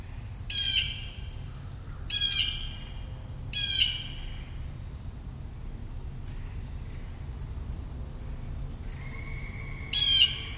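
Bird squawking in short raspy bursts, three in quick succession, then a pause with a faint thin tone before one more squawk; a low rumble runs throughout.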